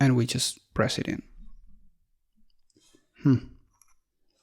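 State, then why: Not seated. Someone talks while the metal lid of a vintage Omega Seamaster watch's mainspring barrel is pressed into the barrel, followed by a few faint, tiny ticks and a second burst of speech. The lid has not clicked into place yet, possibly because it was not lined up correctly.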